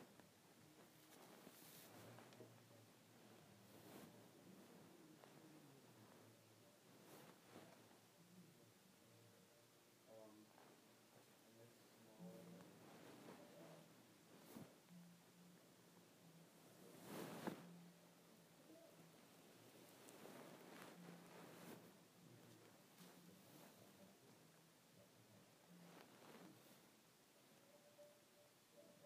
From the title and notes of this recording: ASMR Scratching my Head.